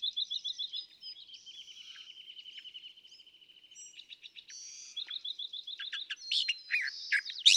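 California thrasher song of continuous, varied phrases, with quick repeated chips, a long trill-like run, then louder harsh and squeaky notes toward the end.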